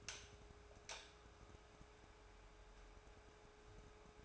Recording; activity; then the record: daily activity, microphone in the room; light off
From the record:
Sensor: 2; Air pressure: 1010.1 hPa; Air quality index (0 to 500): 160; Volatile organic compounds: 7 ppm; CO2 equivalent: 2000 ppm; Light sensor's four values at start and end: 44/110/48/53 and 39/94/42/47